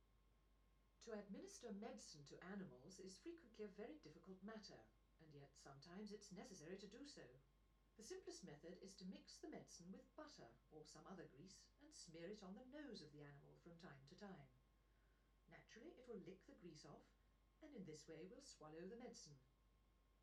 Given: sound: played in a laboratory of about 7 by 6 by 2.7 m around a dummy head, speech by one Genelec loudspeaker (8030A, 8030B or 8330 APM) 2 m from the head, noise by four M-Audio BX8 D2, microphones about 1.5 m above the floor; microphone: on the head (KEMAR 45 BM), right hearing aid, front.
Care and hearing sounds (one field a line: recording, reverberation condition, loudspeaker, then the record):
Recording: female speech in English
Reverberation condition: low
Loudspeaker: 90 degrees to the left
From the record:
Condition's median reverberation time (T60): about 310 ms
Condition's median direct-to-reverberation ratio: about 3.5 dB